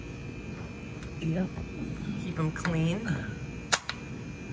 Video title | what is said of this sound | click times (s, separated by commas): Sliding Screen Door Off Track? Try This... | Oh, something clicked into place. | 3.7 s, 3.9 s